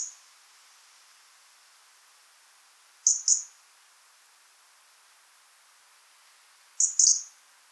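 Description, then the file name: European robin calling with sharp, high-pitched paired notes, one pair about three seconds in and another near seven seconds, otherwise quiet. "Erithacus rubecula"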